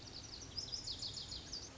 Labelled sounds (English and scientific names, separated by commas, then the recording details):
Lazuli Bunting (Passerina amoena)
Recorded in Sonoma County, California